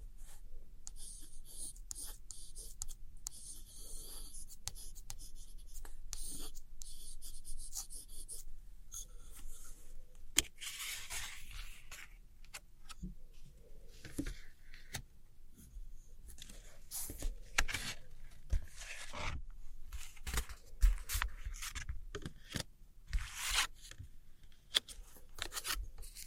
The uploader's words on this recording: Tracing And Gentle Scratchy Tapping On Old Postcards（No Talking）.